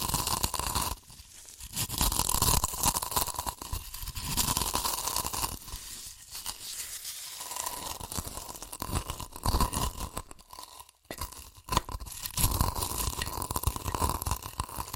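Crunchy chips being crushed and eaten, with dense crackling bursts that come in quick, irregular waves. Brief near-silent gaps fall around one, six, and eleven seconds, and a thin tearing, crinkling texture runs through much of it.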